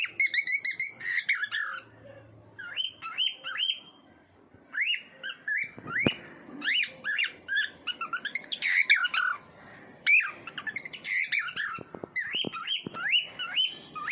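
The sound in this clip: Bird calling in a lively mix of whistled upslurs, harsh squawks and chirps, coming in quick bursts with short pauses throughout.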